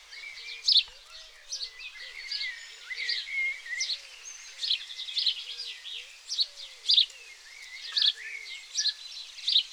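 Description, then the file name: House sparrow chirping busily, many rapid chirps in irregular bursts, with soft low notes running beneath. "Passer domesticus"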